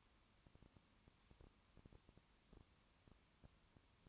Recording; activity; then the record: daily activity, microphone in the room; no activity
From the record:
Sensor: 1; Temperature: 19.2 degrees Celsius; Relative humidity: 37.8%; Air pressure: 1001.1 hPa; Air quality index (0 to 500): 197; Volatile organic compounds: 7 ppm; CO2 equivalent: 1993 ppm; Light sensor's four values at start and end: 1/2/1/1 and 1/2/1/1